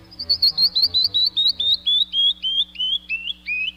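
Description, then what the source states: Canyon Wren song: a cascade of about fifteen clear whistled notes, each slurred, stepping steadily down in pitch over four seconds, with a faint low hum beneath. Cascading song that echoes off canyon walls; bird lives among rocks and cliff faces in the southwestern U.S., probing crevices for insects.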